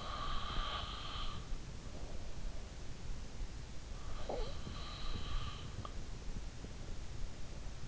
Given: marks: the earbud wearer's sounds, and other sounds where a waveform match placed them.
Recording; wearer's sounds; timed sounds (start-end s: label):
sounds in sleep by an in-ear microphone; snoring breath
0.00-2.31 s: snoring breath
4.07-6.25 s: snoring breath